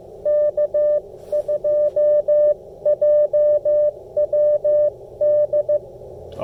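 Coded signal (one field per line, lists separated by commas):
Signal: Morse code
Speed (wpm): 17 wpm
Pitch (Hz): 590 Hz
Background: none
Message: K2JWD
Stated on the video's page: CW Parks On The Air activation with an Icom IC-705 and MFJ-1984LP end-fed antenna.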